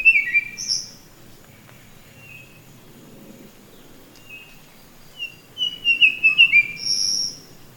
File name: sikatan biru muda